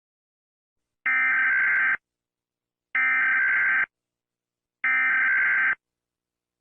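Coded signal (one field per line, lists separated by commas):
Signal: Emergency Alert System (SAME) tones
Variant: header bursts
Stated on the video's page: Fictional EAS scenario.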